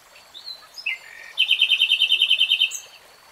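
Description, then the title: Nightingale song: a few soft varied notes lead into a loud, fast, even rattle of repeated notes lasting over a second. Nightingale singing in real time. "[Tiếng chim hót] Nightingale Singing"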